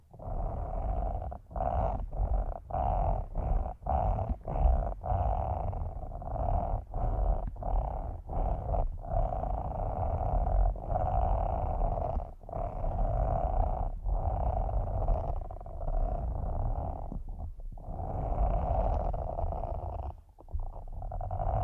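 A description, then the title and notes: Muffled massage sounds rub steadily with a low rumbling hum, broken by quick rhythmic pauses about twice a second, then slower. ASMR using Headphones as a Mic Brain Melting Massage Triggers. (No Talking).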